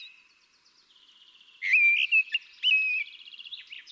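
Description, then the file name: Common blackbird giving a fluty warble with squeaky notes. "Turdus merula"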